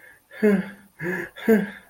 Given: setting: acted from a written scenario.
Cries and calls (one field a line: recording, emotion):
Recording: vocal sound without words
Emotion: fear